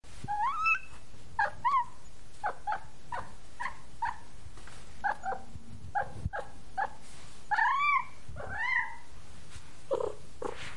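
Cat begging mews: a series of short, arched, whining calls, some rising then falling, over a constant background hiss.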